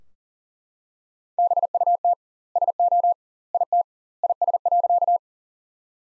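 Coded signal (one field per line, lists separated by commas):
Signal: Morse code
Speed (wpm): 40 wpm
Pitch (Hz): 700 Hz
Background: none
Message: BUT SO IT IS.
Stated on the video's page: Morse practice sentences from the top 100 words at 40 wpm with double word spacing, a Farnsworth-like method.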